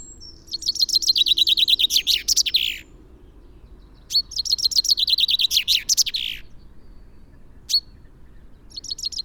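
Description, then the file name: Common chaffinch song: two full phrases of fast repeated notes descending into a flourish, then a single sharp note and another song beginning. "Fringilla coelebs"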